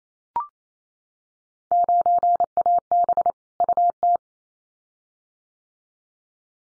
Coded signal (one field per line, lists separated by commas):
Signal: Morse code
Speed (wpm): 28 wpm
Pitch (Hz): 700 Hz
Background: none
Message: 9AB UT